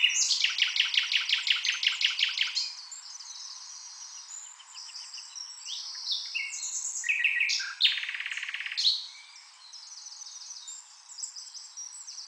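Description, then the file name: Common nightingale song: a loud run of rapid repeated notes for over two seconds, then varied whistled and buzzy phrases. "Luscinia megarhynchos"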